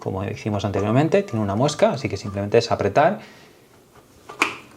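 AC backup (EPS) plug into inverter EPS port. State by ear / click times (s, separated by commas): seated / 4.4 s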